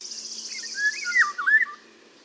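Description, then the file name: Eurasian golden oriole song, a brief liquid yodelling whistle rising and falling, overlapping a high buzzy pulsed trill that stops midway. "Mathias Ritschard - Obyknovennaya ivolga Oriolus oriolus"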